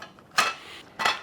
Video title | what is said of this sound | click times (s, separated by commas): We Made Cheesecake in 30 MINUTES! Ninja Speedi | just like that it's going to snap into place and you can see | 0.4 s